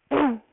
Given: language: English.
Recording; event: throat vibration sensor signal played as sound; throat clearing